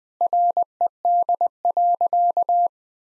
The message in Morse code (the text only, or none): RED.